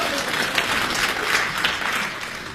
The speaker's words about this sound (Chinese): 那个，咱这鼓掌不太热烈。 您这还要掌声？